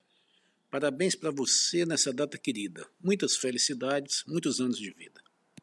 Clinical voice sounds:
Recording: short text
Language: Brazilian Portuguese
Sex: male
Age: 50 to 59 years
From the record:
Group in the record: control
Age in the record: 59 years

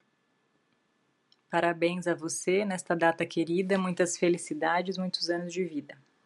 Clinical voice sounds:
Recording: short text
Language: Brazilian Portuguese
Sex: female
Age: 30 to 39 years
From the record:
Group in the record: control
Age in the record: 38 years

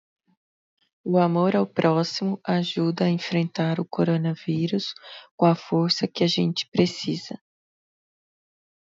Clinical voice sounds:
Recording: spoken sentence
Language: Brazilian Portuguese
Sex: female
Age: 40 to 49 years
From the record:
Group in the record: control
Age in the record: 46 years

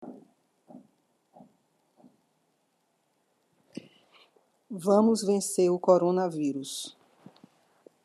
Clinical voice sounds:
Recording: spoken sentence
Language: Brazilian Portuguese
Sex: female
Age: 60 to 69 years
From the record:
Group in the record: control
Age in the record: 62 years

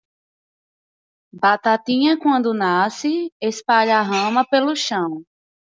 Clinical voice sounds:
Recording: short text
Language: Brazilian Portuguese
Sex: female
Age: 20 to 29 years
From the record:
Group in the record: control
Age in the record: 22 years

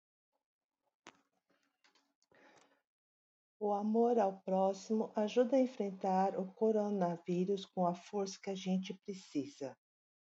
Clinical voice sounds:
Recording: spoken sentence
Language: Brazilian Portuguese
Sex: female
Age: 60 to 69 years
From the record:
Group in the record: control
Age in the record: 64 years

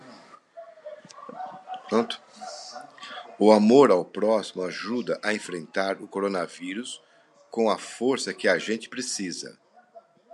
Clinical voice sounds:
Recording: spoken sentence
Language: Brazilian Portuguese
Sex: male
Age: 50 to 59 years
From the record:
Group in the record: control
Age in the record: 57 years

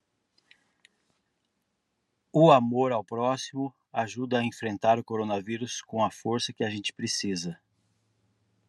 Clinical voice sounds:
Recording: spoken sentence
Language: Brazilian Portuguese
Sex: male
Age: 40 to 49 years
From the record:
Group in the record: control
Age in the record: 48 years

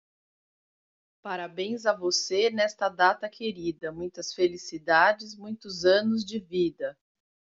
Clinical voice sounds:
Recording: short text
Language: Brazilian Portuguese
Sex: female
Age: 40 to 49 years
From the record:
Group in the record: control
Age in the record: 48 years

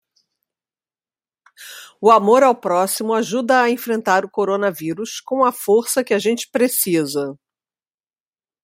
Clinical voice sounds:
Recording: spoken sentence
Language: Brazilian Portuguese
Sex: female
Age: 50 to 59 years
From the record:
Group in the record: control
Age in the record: 55 years

